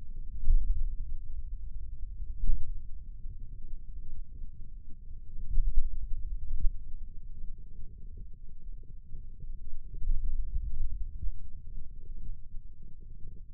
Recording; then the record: forearm muscle sounds (acoustic myography)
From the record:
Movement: pen grasping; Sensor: system 2, bracelet of six BSWA MPA416 microphones around the upper forearm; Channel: 2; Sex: male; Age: 22 years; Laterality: right